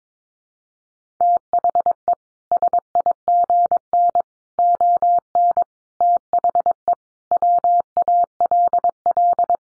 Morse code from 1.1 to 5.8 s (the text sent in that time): THE SIGN ON